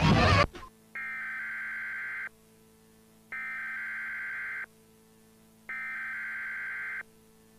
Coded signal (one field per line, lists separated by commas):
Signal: Emergency Alert System (SAME) tones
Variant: header bursts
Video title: [FALSO] EAS de Alerta del Boomerang (Latinoamérica 2006)